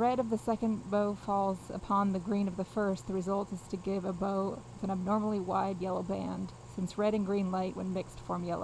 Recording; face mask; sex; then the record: reading aloud; surgical mask; female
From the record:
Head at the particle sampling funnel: facing it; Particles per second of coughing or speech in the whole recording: 0.0679